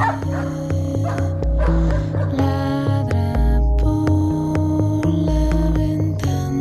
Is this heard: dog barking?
yes